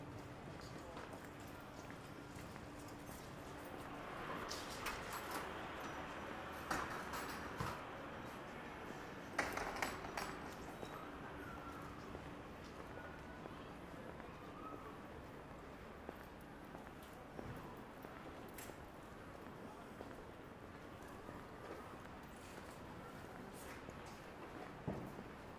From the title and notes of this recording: Akihabara,daytime. Akihabara Station Electric Town Exit（West side plaza）～Chuo street～Suehirocho Station (Ginza Line)～Akihabara Junk Street～Electronic parts store under elevated railroad tracks～Akihabara Station East Exit＆Yodobashi Camera～Akihabara Station Electric Town Exit（West side plaza）.